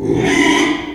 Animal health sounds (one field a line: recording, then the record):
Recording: squeal of a Yucatan mini pig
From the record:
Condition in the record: after surgery on the right vocal fold (resection and tissue-engineered implant)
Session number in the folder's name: 3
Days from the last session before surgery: 33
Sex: male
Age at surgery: 12 weeks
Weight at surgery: 13 kg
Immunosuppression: cyclosporine, prednisolone